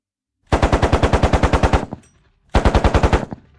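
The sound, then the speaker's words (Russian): Two short test bursts from a Maxim machine gun fired straight ahead, the first a bit longer than the second, each a rapid, evenly spaced string of loud, sharp cracks separated by a brief pause. “«Проверочный выстрел!» — предупредил я в микрофон.”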